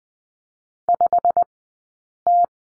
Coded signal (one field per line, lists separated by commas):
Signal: Morse code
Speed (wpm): 20 wpm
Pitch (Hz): 700 Hz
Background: none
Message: 5T